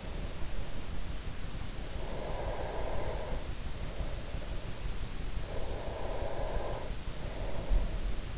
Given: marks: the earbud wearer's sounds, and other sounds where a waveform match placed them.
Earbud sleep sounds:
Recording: sounds in sleep by an in-ear microphone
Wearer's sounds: breath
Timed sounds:
1.69-4.32 s: breath
5.07-8.38 s: breath

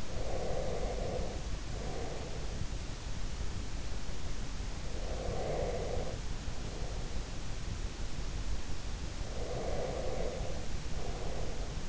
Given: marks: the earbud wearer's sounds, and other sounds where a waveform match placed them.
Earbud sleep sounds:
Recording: sounds in sleep by an in-ear microphone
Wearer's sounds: breath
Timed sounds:
0.00-2.59 s: breath
5.00-7.47 s: breath
9.29-11.88 s: breath

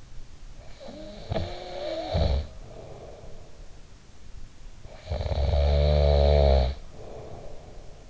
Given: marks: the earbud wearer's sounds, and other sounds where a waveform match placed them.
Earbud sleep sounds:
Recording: sounds in sleep by an in-ear microphone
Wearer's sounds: snoring breath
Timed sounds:
0.57-3.93 s: snoring breath
4.73-8.10 s: snoring breath

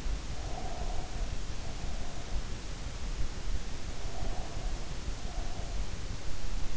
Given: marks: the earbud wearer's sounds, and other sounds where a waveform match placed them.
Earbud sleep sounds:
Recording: sounds in sleep by an in-ear microphone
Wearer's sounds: breath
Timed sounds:
0.36-2.67 s: breath
4.00-6.05 s: breath

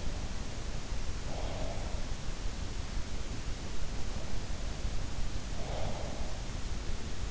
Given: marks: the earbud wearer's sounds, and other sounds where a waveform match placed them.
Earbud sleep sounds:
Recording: sounds in sleep by an in-ear microphone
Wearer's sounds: breath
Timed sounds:
1.02-2.62 s: breath
5.48-6.60 s: breath

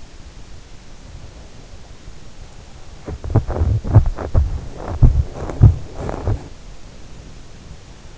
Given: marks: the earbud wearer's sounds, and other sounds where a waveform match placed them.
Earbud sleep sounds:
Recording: sounds in sleep by an in-ear microphone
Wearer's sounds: body movement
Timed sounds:
2.86-6.75 s: body movement

